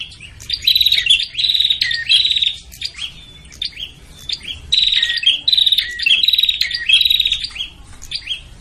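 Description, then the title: Prinia calls: repeated loud buzzy chattering bursts, with short lulls of faint chirps between. Noisy prinia calls used to lure prinias, including Prenjak Kepala Merah (red-headed) and Prenjak Tamu. "Suara Prenjak Ribut Buat Pikat Burung Prenjak Kepala Merah Prenjak Tamu"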